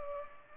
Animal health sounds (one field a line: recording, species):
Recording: mosquito wingbeat signal from an infrared sensor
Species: Culex pipiens